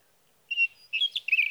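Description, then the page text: Sage thrasher singing: a short clear whistle, a pause, then a fast burst of warbled notes. Male singing at night near his night roost, from evening of June 12 to morning of June 15, 2018, in Sierra Valley, California; recorded with a Swift recorder. "Sage thrasher songs, through the night. For three nights, from the evening of June 12 to the morning of June 15, 2018, in Sierra Valley, California, I placed a Swift recorder near a male's night roost."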